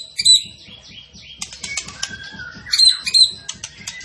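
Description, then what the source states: Tembakan bird singing a jumble of high chirps, sweeping whistles and short trills, with a faint rhythmic low patter underneath. Masteran training recording, with the bird singing actively (gacor).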